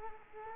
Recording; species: mosquito wingbeat signal from an infrared sensor; Culex quinquefasciatus